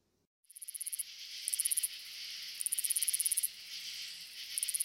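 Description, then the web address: Round-winged katydid song, a steady high hiss overlaid with several pulsed bursts, each lasting under a second to about a second. "Crickets and Katydids. Roundwinged Katydid, Amblycorypha rotundifolia"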